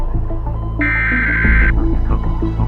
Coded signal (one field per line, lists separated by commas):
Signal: Emergency Alert System (SAME) tones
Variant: header bursts